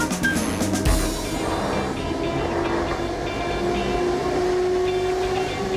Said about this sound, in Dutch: Er rijdt een trein door Afghanistan.